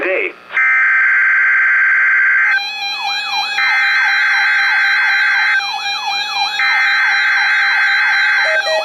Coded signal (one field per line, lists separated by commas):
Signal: Emergency Alert System (SAME) tones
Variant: header bursts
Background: speech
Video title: Thursday Required Weekly Test - 04/19/18 (EAS #1,571)